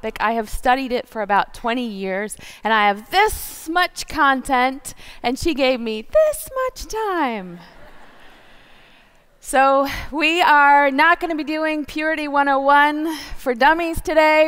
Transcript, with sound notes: I have studied it for about twenty years, and I have this much content, and she gave me this much time (laughter) So we are not going to be doing “Purity 101 for Dummies” today.